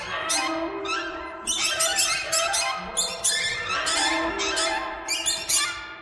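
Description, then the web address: Many birds squeaking and chattering at once, quick harsh notes overlapping without pause. "soundfactory birds"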